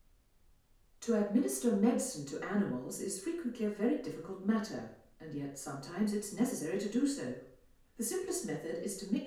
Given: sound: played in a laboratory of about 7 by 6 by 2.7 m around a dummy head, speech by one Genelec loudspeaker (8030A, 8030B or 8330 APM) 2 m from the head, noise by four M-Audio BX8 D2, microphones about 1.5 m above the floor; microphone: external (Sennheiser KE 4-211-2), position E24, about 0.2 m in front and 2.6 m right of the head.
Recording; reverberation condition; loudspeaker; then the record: female speech in English; medium; 30 degrees to the left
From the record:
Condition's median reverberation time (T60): about 510 ms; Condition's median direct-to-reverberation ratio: about -0.5 dB